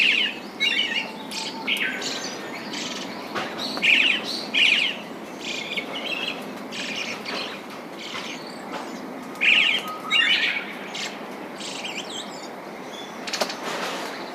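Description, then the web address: Brown-headed thrush song: several brief, clear, fluty phrases at irregular intervals over constant background hiss. "izumino saunndo akahara"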